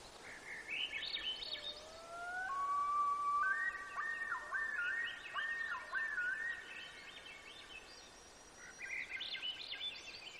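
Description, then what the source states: Bird chorus with long clear whistles that step up and wobble in pitch, mixed with sharp chirps and twittering, fading briefly before more chirps at the end. Gates of the Arctic, Alaska; 18 June 2018, 05:30.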